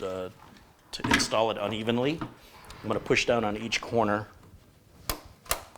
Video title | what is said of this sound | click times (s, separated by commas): LIVE - The Ultimate $3000 Intel Gaming Computer PART 2 | you'll hear it click into position and then I need to repeat that with the three remaining modules okay | 5.1 s, 5.5 s